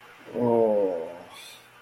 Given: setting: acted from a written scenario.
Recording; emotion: vocal sound without words; shame